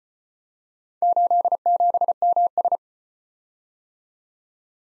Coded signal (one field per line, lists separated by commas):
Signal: Morse code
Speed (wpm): 35 wpm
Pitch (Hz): 700 Hz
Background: none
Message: 87MS